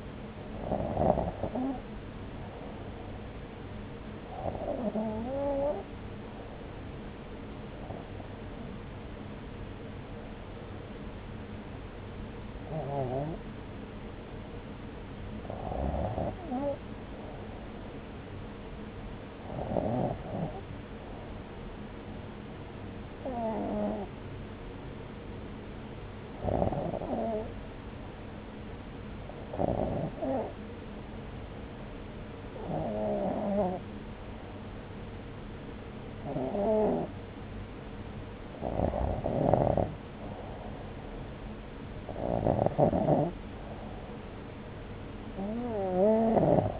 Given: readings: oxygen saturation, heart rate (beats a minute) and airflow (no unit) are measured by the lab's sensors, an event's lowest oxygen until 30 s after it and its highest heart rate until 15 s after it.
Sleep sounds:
breathing in sleep by a voice recorder at the bedside; 1
4.00-38.10 s: hypopnea (REM, oxygen 96% highest, then 92% lowest)
From the record:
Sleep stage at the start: REM sleep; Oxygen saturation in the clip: 93 to 96%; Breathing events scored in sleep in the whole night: 303 in 8.1 hours asleep

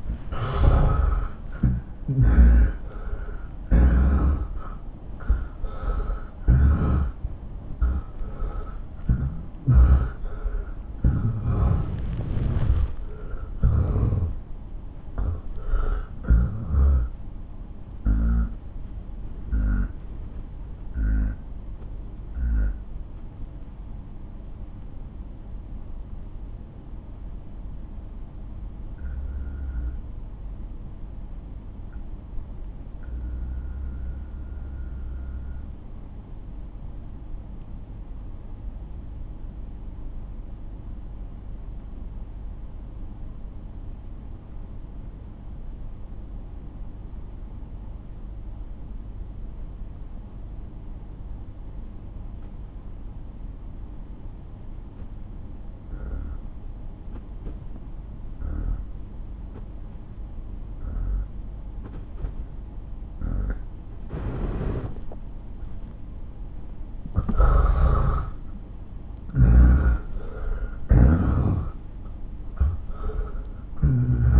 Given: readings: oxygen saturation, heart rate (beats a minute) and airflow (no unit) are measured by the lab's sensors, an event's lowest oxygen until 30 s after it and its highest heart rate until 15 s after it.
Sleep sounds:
breathing in sleep by a smartphone at the bedside; 1
18.00-62.90 s: obstructive apnea (N1, oxygen 94% highest, then 85% lowest)
23.00-53.00 s: new sleep stage, N2 (light sleep)
53.00-74.40 s: new sleep stage, N1 (lightest sleep)
From the record:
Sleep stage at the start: N1 (lightest sleep); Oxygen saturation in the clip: 80 to 94%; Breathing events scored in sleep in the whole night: 217 in 6.3 hours asleep

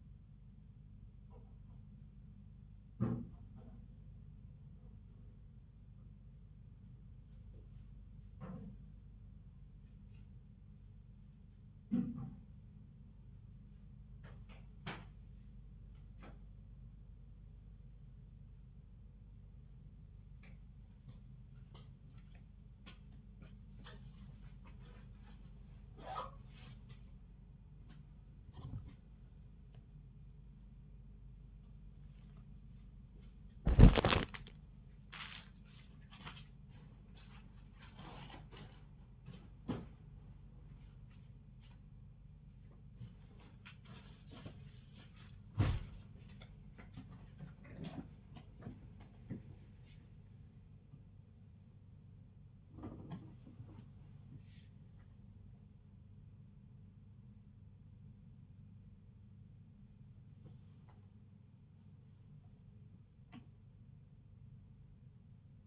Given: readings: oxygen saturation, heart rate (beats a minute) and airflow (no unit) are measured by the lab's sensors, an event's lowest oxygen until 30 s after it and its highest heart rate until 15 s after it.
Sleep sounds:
a person awake in a sleep study, by a smartphone at the bedside; none
0.00-65.67 s: awake
From the record:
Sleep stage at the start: awake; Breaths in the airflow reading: 25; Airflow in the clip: -0.6 to 0.6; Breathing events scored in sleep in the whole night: 270 in 6.1 hours asleep

